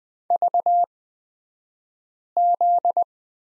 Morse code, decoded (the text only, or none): VZ